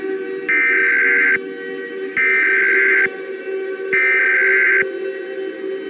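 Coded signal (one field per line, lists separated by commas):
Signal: Emergency Alert System (SAME) tones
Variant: header bursts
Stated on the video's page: Fictional EAS scenario, remastered in higher quality.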